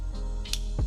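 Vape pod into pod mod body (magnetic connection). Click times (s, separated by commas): 0.5 s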